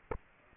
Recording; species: mosquito wingbeat signal from an infrared sensor; Aedes aegypti